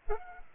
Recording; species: mosquito wingbeat signal from an infrared sensor; Aedes aegypti